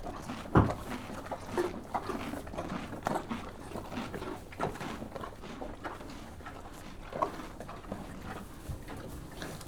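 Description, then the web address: Horse chewing with crunchy, irregular bites and soft shuffling movement, plus a louder knock early on. One horse eating a carrot and moving about. "BBC Sound Effects Library. One horse eating carrot"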